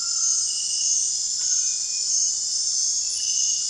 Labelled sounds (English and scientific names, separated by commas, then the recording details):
none
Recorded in dense forest near Puerto Asís, Putumayo, Colombia, on 25 June 2025 at 21:00
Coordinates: 0.468, -76.322
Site GP03